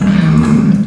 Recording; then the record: squeal of a Yucatan mini pig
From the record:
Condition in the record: after surgery on the right vocal fold (resection and tissue-engineered implant); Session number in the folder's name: 13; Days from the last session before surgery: 113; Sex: female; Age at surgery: 19 weeks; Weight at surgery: 25 kg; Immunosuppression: prednisolone